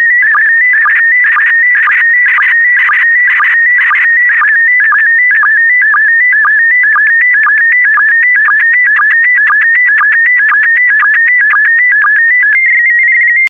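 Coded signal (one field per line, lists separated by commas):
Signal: SSTV (slow-scan television)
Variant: PD120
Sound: warbling tone shifting between pitches, short low chirp about twice a second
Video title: (06 of 12) ARISS 20 Years - Series 7 July 2017 - Retransmission SSTV PD120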